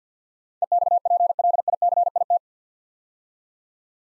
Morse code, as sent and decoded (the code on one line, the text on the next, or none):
. -..- .--. .-.. .. -.-. .. -
EXPLICIT